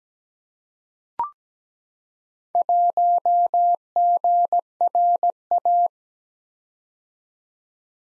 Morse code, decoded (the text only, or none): 1GRA